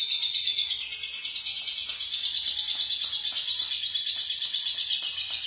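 Lovebird song: fast, scratchy twittering poured out unbroken, with brief shrill accents scattered through the stream.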